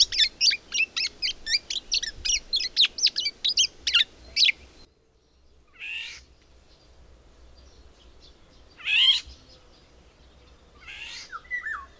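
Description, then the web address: Bird song: a fast run of sharp, high chirps for about four seconds, then a pause and a few scattered, separate calls with short rising and falling notes. "madarak enek"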